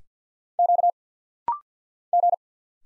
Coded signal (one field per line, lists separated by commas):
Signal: Morse code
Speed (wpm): 48 wpm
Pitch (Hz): 700 Hz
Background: none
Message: Q G